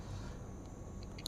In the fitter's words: bunyi klek ya